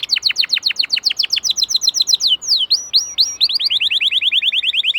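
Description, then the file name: Canary song: rapid trills of falling notes, a few long whistled slurs in the middle, then another fast even trill, all high and bright. "Canary Singing"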